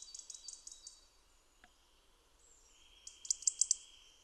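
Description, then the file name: European robin giving soft high ticking notes, a brief pause with faint thin whistles, then a crisp burst of sharp clicks at the end. "Erithacus rubecula"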